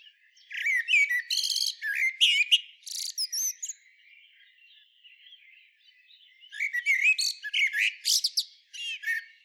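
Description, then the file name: Common blackbird phrases: two bursts of squeaky, rapidly varied whistles and twitters, with a quieter stretch of faint chirping in the middle. "Turdus merula"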